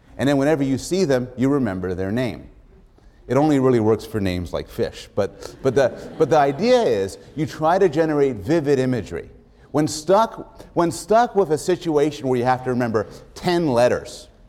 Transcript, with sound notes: And then whenever you see them you remember their name. It only really works for names like "Fish" but [laughter] the idea is you try to generate vivid imagery. When stuck with a situation where you have to remember ten letters,